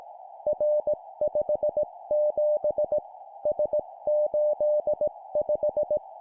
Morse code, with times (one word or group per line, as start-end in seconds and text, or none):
0.5-3.0 R57
3.5-6.0 S85